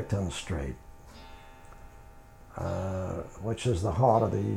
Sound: a clock chimes

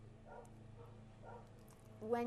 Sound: dogs barking

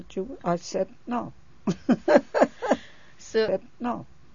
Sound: she laughs

